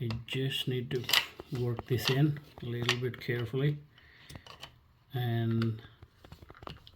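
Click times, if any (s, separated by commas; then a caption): none. After a battery swap, the plastic housing of an Alarm.com door and window security sensor is worked carefully back onto its wall-mounted base while someone talks, with a few small plastic taps and handling sounds. The clip ends before the housing snaps onto the base, so nothing has seated or clicked yet.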